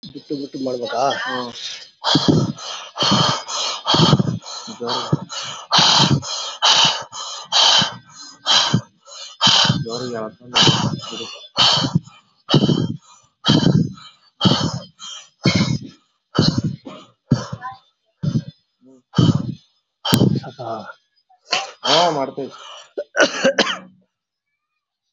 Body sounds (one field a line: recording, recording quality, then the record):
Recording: deep breathing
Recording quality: excellent, no background noise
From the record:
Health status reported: COVID-19 positive, no symptoms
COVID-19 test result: positive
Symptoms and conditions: diabetes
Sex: male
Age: 47 years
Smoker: not ticked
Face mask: worn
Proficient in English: no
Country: India